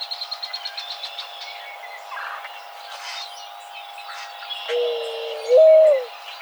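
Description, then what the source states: Mourning dove coo near the end, a low note rising slightly into a louder held tone, after a rapid series of high chirps from another bird. Recorded 2007-05-20.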